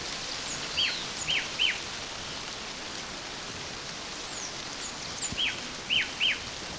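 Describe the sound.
Bird calls: short, sharp downslurred chirps in quick bursts of two or three, repeated after a pause, over a steady rain-like hiss.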